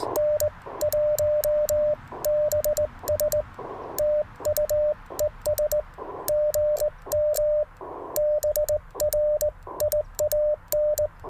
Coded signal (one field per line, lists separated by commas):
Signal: Morse code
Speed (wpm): 19 wpm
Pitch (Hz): 600 Hz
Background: radio noise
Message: N1BS TU ES GM BRIAN